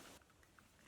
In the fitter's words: you hear it lock.